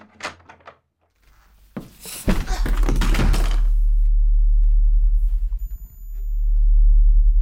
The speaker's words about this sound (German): Ich nehme den Finger vom Abzug, ich lasse die Beretta baumeln und öffne die Tür.